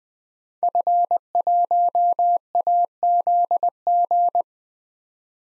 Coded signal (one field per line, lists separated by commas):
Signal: Morse code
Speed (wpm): 21 wpm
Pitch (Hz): 700 Hz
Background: none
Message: F1AZG